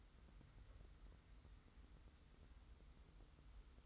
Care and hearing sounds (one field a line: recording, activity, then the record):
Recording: daily activity, microphone in the room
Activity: wipe stove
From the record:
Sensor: 3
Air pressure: 990.4 hPa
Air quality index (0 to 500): 184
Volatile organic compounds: 1000 ppm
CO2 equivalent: 6006 ppm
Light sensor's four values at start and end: 46/108/44/42 and 46/108/44/42